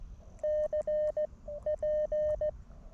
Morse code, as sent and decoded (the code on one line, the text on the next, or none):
-.-. .--.
CP